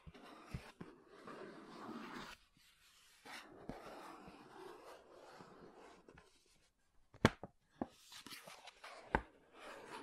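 Scratching and tapping on makeup: soft, dry scraping comes in bursts over the first two seconds and again from about three to six seconds, with quiet gaps between. Sharp, bright taps land sparsely, a couple early on and several after seven seconds.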